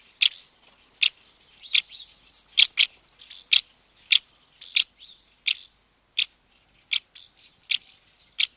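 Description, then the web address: House martin calling with crisp, high chirps that come mostly singly with one quick pair, under a second apart, softer chattering notes filling the gaps. Female calling at the nest entrance. "BBC House Martins"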